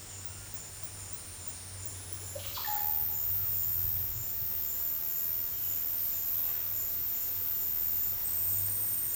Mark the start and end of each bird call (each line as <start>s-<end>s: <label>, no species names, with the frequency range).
2.26s-3.20s: bird call (0.3-5.3 kHz)